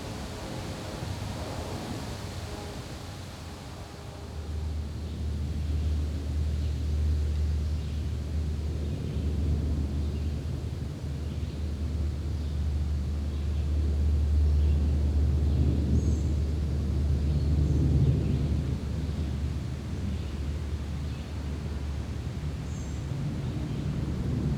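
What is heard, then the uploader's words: A low, distant rumble hangs over the woods, steady and deep, swelling slightly after about five seconds and again near fifteen seconds. Faint higher tones drift in at the start, and a few small bird chirps sound around sixteen and twenty seconds. Distant Rumble in the Woods.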